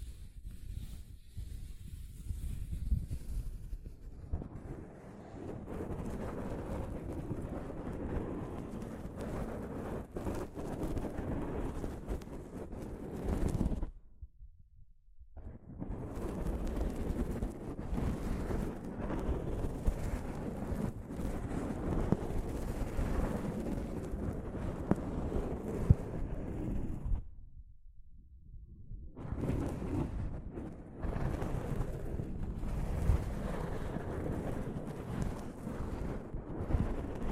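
Soft fabric brushes over a microphone in a dense, rumbling scrape that is heaviest in the low end, with an airy hiss above. The rubbing runs steadily with small swells, broken by two short near-silences around 14 and 28 seconds.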